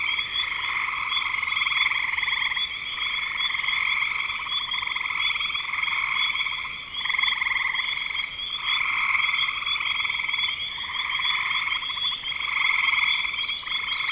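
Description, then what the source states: Frogs calling in a dense chorus, pulsed trills that swell and break every second or two, with a steady high whine running underneath throughout. Recorded in spring 2025.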